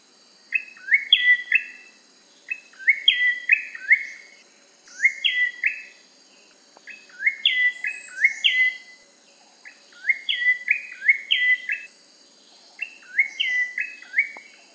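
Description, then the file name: Rufous-tailed tailorbird repeating short phrases of sharp, ringing notes every few seconds, with brief pauses between phrases. "suara cinenen merah"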